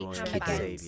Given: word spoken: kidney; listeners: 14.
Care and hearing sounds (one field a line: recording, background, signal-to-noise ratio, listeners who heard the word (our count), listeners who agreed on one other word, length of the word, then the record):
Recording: one English word in noise, from a listening test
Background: four-talker babble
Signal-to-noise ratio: -2.6 dB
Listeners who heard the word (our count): 3 of 14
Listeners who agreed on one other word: 6 of 14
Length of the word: 0.48 s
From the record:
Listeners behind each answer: 6, 3, 1, 1, 1, 1, 1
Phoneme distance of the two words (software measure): 17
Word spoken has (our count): 2 syllables, 5 phonemes, stress on syllable 1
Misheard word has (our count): 2 syllables, 4 phonemes, stress on syllable 1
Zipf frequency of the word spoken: 3.94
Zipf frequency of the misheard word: 3.60